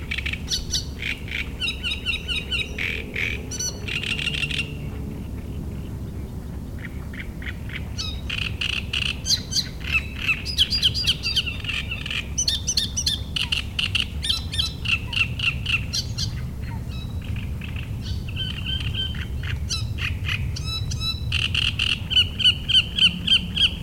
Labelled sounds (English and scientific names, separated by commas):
Great Reed Warbler (Acrocephalus arundinaceus)